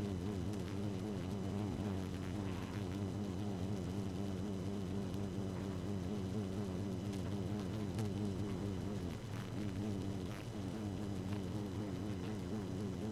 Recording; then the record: honeybee colony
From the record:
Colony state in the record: active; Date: 12 June 2018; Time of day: 0:11